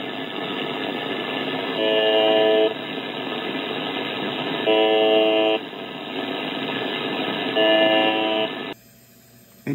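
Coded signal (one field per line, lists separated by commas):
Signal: channel marker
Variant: UVB-76 (The Buzzer)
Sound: three short harsh buzzes, about a second each, repeating every three seconds through static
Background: radio static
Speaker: so now i'm going to let you hear a live uh version of the uvb 76 this is uh on a youtube channel called swl and you'll get to hear what it sounds like live as i'm recording this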